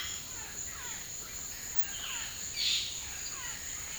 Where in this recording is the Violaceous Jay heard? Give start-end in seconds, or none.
0.00-2.98